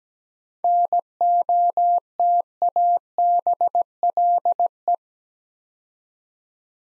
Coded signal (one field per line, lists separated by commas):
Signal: Morse code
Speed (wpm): 17 wpm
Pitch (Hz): 700 Hz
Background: none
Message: NOTABLE